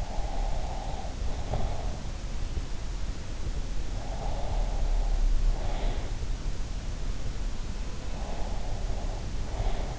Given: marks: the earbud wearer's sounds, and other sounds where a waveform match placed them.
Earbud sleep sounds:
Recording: sounds in sleep by an in-ear microphone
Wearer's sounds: breath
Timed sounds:
0.00-2.07 s: breath
4.13-6.01 s: breath
8.14-9.99 s: breath

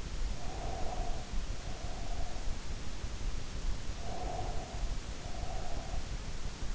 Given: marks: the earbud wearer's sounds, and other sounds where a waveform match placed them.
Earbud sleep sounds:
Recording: sounds in sleep by an in-ear microphone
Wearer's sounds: breath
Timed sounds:
0.16-2.61 s: breath
3.94-6.24 s: breath

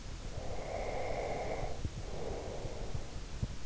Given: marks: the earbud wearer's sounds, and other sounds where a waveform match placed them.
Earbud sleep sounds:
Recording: sounds in sleep by an in-ear microphone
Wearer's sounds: breath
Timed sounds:
0.30-3.31 s: breath

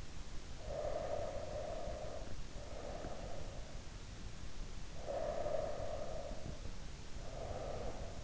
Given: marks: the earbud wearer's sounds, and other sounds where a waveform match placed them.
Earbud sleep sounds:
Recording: sounds in sleep by an in-ear microphone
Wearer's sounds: breath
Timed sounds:
0.48-3.49 s: breath
4.93-8.24 s: breath

